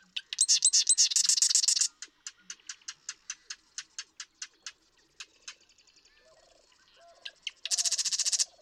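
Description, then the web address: Marsh Wren song: a rapid rattling trill, then a string of separate dry ticks, and a second buzzy trill near the end; faint lower notes in the background. "birdsongforthecurious songs Marsh Wren"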